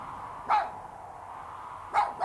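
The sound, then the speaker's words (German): A dog, Flores Magon, barks twice, about one and a half seconds apart, each bark short and mid-pitched, rising sharply above a steady low background hum. “Ich glaubte, das Gebell von Flores Magon zu hören, und es war wie ein Erwachen.”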